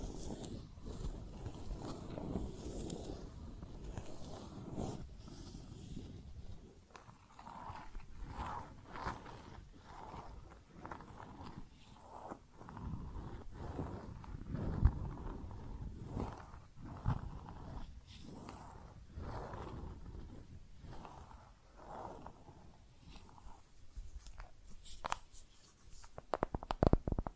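Tapping and scratching on makeup items, with frequent short taps and crackly scrapes that come in uneven clusters throughout. A low rumbling bed runs underneath, and a few sharper, louder taps stand out around the middle and near the end.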